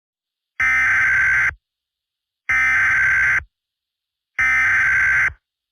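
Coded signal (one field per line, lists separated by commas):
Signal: Emergency Alert System (SAME) tones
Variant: header bursts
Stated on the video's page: Fictional alert scenario.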